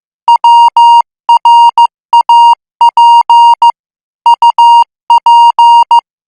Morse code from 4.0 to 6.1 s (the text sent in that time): UP